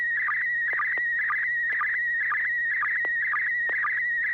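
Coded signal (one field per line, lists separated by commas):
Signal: SSTV (slow-scan television)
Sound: steady warbling high tone with short regular low blips about twice a second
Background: low hum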